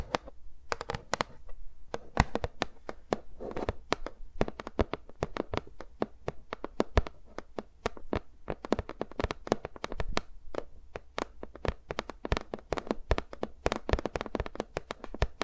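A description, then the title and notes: Fingers move around microphones, making a steady stream of sharp taps and clicks from start to finish. The taps come quickly and irregularly, several each second, some crisp and bright, others duller, over a faint low rumble and soft rustling between them. ASMR with Mics Around My Fingers (No Talking).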